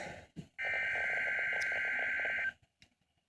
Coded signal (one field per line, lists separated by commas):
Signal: Emergency Alert System (SAME) tones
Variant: header bursts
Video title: Severe Thunderstorm Watch (EAS 391)